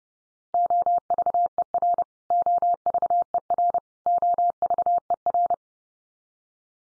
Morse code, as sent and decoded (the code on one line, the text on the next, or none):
--- ...- . .-. / --- ...- . .-. / --- ...- . .-.
OVER OVER OVER